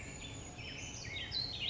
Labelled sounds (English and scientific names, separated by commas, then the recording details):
Black-headed Grosbeak (Pheucticus melanocephalus)
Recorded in Sonoma County, California